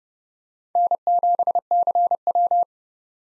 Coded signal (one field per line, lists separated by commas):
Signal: Morse code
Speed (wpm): 30 wpm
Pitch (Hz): 700 Hz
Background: none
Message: N7CW